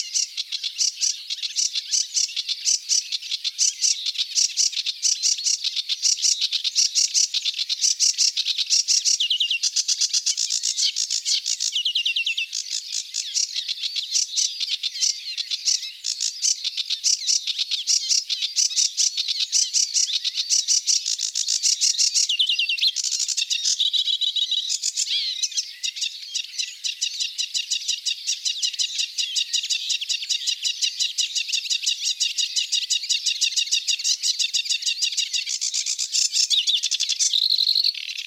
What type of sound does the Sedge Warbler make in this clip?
song